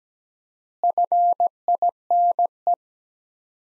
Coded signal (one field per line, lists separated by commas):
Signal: Morse code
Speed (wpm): 17 wpm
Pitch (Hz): 700 Hz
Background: none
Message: FINE